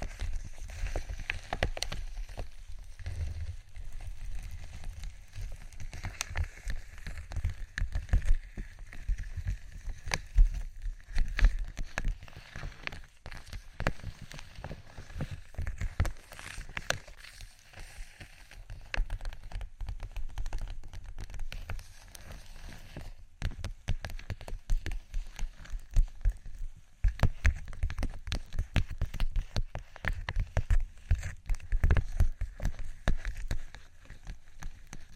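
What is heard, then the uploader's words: Fingers tap and scratch on vinyl, producing dense, irregular bursts of crisp clicks with a dull low thump beneath. The pace shifts throughout, with quieter gaps near 18 and 23 seconds and busier stretches of rapid tapping toward the end. ASMR Tapping & Scratching 5 Types Of Vinyl（No Talking）.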